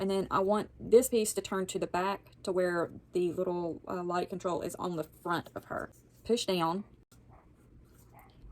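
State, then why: Not seated. A decorative top piece is pushed down and turned into position on a wax warmer base, to be secured later with a small screw, while someone talks for most of the clip. One faint, brief sound occurs at about 7.1 s after the talking stops, but the piece has not clicked or seated; it does not click.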